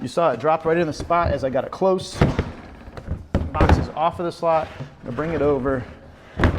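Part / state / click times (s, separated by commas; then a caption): latch of a modular storage box engaging the slot on the lid of the box below / seated / 6.4 s. Someone talks while a Makita MakTrak plastic modular tool storage box is lifted off one slot, brought over and set onto the box below, with a few short knocks around 3.0–3.7 s. At 6.4 s a sharp click sounds as the box's latch engages the slot in the lid of the lower box and locks it in place, seated.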